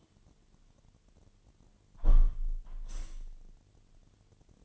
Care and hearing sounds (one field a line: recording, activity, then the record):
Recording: daily activity, microphone in the room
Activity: close window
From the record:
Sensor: 4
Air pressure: 1007.2 hPa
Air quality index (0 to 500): 186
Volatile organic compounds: 6 ppm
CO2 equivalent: 1856 ppm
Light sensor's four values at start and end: 23/73/28/27 and 23/73/28/27